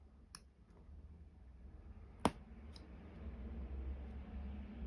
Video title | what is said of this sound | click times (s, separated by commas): DeAgostini Collectibles - Build the Moomin House BOX 14 Part 7 | you hear a click that's how you know you've got | 2.3 s